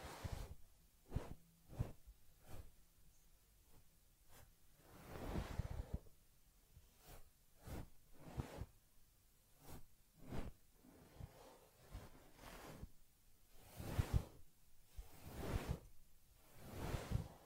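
A teddy bear gets a head massage, cleansing, fur combing and ear cleaning, heard as a run of soft brushing swishes and rubs. Short strokes come every half second to a second, with longer, fuller sweeps near 5, 14 and 17 seconds.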